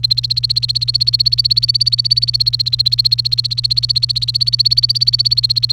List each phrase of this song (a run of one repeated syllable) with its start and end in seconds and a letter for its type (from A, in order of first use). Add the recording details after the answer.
0.00-5.72 A. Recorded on 28 April 2018 at 15:49. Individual llb3